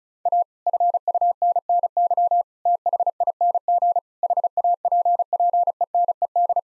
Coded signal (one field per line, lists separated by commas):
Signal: Morse code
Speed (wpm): 36 wpm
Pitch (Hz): 700 Hz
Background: none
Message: A FUNNY THING HAPPENED